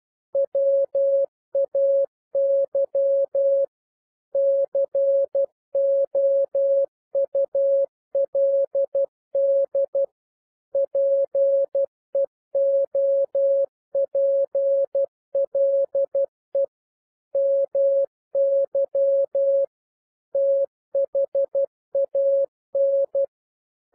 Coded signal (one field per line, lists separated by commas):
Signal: Morse code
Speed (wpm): 12 wpm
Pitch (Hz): 550 Hz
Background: none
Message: WAY COULD PEOPLE MY THAN